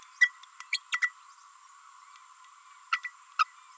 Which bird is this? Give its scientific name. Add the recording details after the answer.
Forpus passerinus. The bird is a female. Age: 30 days. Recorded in a nest box in Venezuela. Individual 17B32A5